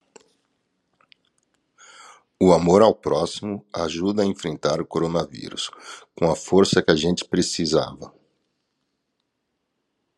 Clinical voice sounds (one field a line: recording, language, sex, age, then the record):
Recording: spoken sentence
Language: Brazilian Portuguese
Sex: male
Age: 50 to 59 years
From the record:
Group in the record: control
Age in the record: 50 years